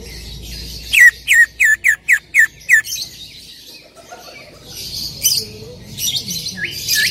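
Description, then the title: Greater green leafbird calls: a rapid run of seven loud, sharp slurred chirps, followed by quieter scratchy twitters. Female calling to a male; described as a very active caller (gacor hiper). "CUCAK IJO BETINA GACOR HIPER MEMANGGIL JANTAN"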